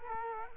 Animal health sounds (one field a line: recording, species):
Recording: mosquito wingbeat signal from an infrared sensor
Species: Culex quinquefasciatus